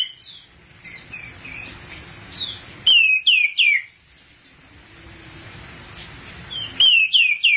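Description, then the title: Thrush song of sharp downslurred whistles and short trills in quick series, with a brief high whistle and quieter pauses. "burung anis x"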